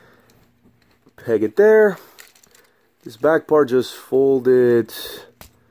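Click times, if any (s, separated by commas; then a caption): 5.4 s. Someone talks while holding the plastic back section of a Transformers Age of Extinction Deluxe Lockdown transforming robot action figure up into position. Faint plastic handling ticks are heard around 2.2–2.6 s. A sharp click at 5.4 s marks the back panel seating into place.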